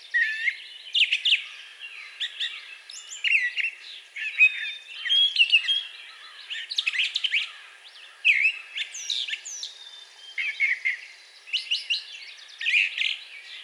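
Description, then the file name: Brown thrasher delivering a long, varied song of rapid chirps, buzzy notes and slurred whistles, with short gaps between phrases. Recorded 4 June 2020. "2020-06-04 Brown Thrasher"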